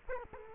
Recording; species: mosquito wingbeat signal from an infrared sensor; Culex quinquefasciatus